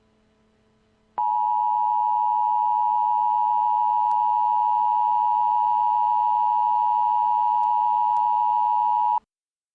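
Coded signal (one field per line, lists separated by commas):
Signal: Emergency Alert System (SAME) tones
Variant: 853 and 960 Hz attention tone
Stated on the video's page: Mock compilation built from real tornado warning and emergency EAS alerts with valid tones.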